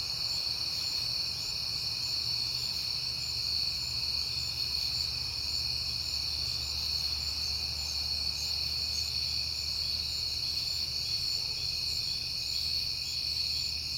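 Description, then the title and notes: Steady cricket chorus, bright continuous trills stacked at different pitches, with a low droning hum throughout. Crickets recorded at night in September on a peaceful night, after being heard often that month. "Night Time: Crickets and Passing Cars. It is September and I have been hearing the crickets a lot, but finally had a peaceful night to make the recording"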